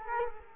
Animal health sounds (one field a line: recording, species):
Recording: mosquito wingbeat signal from an infrared sensor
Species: Culex quinquefasciatus